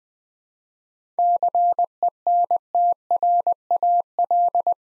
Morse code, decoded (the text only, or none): CENTRAL